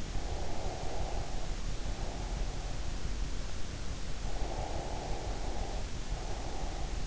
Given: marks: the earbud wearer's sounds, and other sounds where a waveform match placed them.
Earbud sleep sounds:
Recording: sounds in sleep by an in-ear microphone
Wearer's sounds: breath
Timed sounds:
0.43-2.93 s: breath
4.36-7.07 s: breath

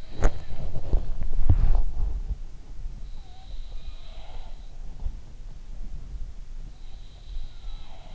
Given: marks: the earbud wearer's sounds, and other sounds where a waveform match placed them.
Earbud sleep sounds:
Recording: sounds in sleep by an in-ear microphone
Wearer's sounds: body movement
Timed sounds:
0.00-3.27 s: body movement
2.85-5.54 s: sound from someone else or the room
6.20-8.15 s: sound from someone else or the room

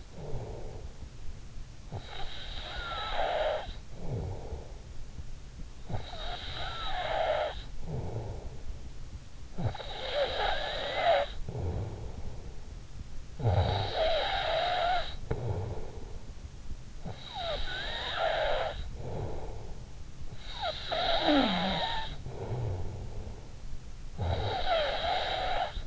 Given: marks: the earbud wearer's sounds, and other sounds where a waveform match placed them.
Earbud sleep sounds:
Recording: sounds in sleep by an in-ear microphone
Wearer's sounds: snoring breath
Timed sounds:
0.00-25.87 s: snoring breath

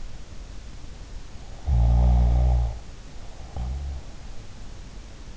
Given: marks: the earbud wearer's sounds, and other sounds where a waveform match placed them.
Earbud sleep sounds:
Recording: sounds in sleep by an in-ear microphone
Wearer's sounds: snoring breath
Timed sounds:
1.41-4.02 s: snoring breath

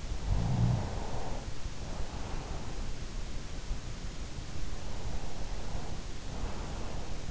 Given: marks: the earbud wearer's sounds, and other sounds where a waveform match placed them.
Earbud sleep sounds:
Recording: sounds in sleep by an in-ear microphone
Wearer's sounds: snoring breath, breath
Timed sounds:
0.13-2.87 s: snoring breath
4.91-7.31 s: breath

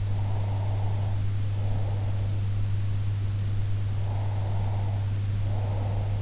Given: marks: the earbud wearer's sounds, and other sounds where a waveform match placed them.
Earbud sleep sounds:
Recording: sounds in sleep by an in-ear microphone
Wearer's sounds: breath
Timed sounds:
0.00-2.46 s: breath
3.94-6.20 s: breath

